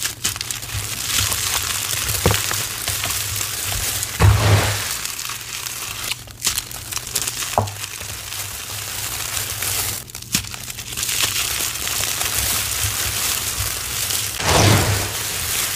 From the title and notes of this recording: Confetti Overload Series!